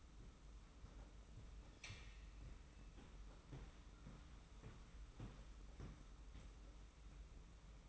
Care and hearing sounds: daily activity, microphone in the room; walk to room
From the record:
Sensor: 1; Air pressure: 991.1 hPa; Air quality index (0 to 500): 90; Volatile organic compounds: 32 ppm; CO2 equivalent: 2996 ppm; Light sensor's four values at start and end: 35/114/44/46 and 35/113/44/46

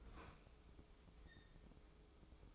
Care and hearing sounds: daily activity, microphone in the room; open fridge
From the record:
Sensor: 1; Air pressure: 995.3 hPa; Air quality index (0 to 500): 25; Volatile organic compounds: 0 ppm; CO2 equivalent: 501 ppm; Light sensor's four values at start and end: 19/62/23/25 and 19/62/23/25

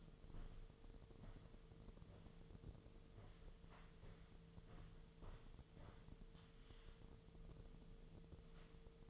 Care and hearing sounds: daily activity, microphone in the room; walk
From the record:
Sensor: 4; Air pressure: 1006.3 hPa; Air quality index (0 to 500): 87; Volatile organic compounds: 2 ppm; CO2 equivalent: 1076 ppm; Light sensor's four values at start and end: 12/27/11/10 and 12/27/11/10

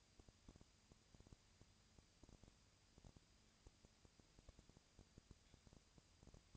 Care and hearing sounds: daily activity, microphone in the room; no activity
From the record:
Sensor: 2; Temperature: 20.3 degrees Celsius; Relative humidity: 37.0%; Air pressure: 998.7 hPa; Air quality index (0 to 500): 236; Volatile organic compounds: 38 ppm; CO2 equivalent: 3112 ppm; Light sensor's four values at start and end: 2/3/2/2 and 2/3/2/2

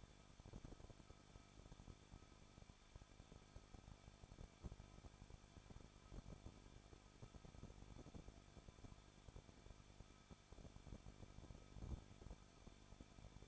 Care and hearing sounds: daily activity, microphone in the room; no activity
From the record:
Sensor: 5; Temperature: 20.7 degrees Celsius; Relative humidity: 38.6%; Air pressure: 1006.5 hPa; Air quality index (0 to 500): 192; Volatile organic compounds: 21 ppm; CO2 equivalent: 2717 ppm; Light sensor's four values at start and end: 2/3/1/1 and 2/3/1/1

